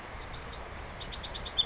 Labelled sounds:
Chestnut-backed Chickadee
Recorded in Sonoma County, California

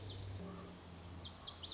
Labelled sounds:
Lazuli Bunting
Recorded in Sonoma County, California

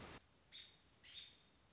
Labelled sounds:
American Robin
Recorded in Sonoma County, California

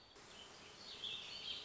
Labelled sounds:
Warbling Vireo
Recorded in Sonoma County, California

